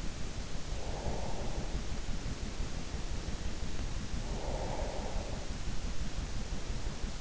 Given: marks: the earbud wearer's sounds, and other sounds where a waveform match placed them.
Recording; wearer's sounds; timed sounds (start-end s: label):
sounds in sleep by an in-ear microphone; breath
0.47-2.66 s: breath
3.90-6.89 s: breath